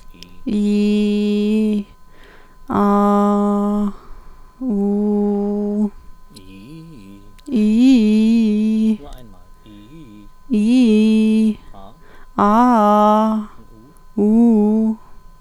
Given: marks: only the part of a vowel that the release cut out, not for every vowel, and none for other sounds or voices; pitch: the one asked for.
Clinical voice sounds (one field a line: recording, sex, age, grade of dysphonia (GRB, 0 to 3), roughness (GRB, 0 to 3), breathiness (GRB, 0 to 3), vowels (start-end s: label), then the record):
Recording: sustained vowels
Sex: female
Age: 30 to 39 years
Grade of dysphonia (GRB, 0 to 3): 0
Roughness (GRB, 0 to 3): 0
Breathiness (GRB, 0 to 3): 0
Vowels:
0.56-1.70 s: vowel /i/, low pitch
2.81-3.79 s: vowel /a/, low pitch
4.74-5.76 s: vowel /u/, low pitch
10.57-11.45 s: vowel /i/, low-high-low pitch
12.43-13.30 s: vowel /a/, low-high-low pitch
14.23-14.85 s: vowel /u/, low-high-low pitch
From the record:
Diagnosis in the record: healthy voice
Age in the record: 32 years